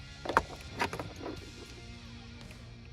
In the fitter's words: plug it in just like that make sure it clicks